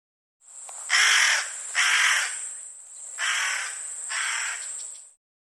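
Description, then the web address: Bird giving four harsh, raspy caws, the first two loud and the last two softer, over a steady high-pitched whine. "cianscape birddata Deverinetal"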